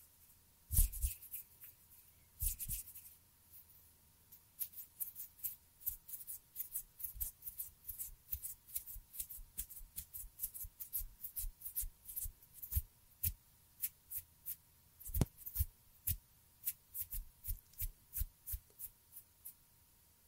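Fingers flutter and tap in a quick, uneven stream of crisp little clicks and rustles, with a few sharper, louder hand sounds near the start and around fifteen seconds. Between the taps sits a faint steady hum.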